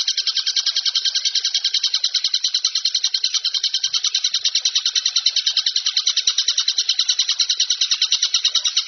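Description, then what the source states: Bird singing a steady, high, rapid chatter of evenly repeated pulses throughout. Masteran bird song.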